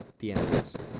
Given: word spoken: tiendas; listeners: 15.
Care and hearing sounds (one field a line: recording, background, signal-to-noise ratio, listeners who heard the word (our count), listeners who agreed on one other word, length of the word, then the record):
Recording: one Spanish word in noise, from a listening test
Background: noise modulated by one talker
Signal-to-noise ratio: -8.1 dB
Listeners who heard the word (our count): 3 of 15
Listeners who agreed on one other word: 7 of 15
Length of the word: 0.60 s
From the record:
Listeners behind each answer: 7, 3, 2, 1, 1, 1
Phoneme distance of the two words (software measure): 17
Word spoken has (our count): 2 syllables, 7 phonemes, stress on syllable 1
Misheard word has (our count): 2 syllables, 6 phonemes, stress on syllable 1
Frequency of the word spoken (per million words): 20.29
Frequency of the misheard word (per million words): 75.19